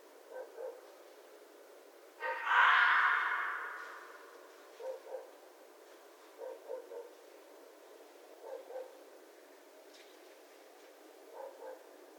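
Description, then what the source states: Red fox giving one hoarse, rasping scream that tails off, with soft low muffled sounds repeating faintly in the background. Recorded 11 January 2012.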